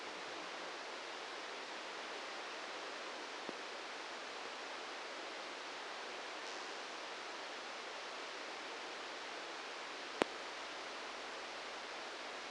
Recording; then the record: brain microelectrode recording played as sound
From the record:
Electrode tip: outside the subthalamic nucleus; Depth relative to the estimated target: 1 mm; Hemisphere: right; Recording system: NeuroSet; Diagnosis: Parkinson's disease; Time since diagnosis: 8 years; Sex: male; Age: 58 years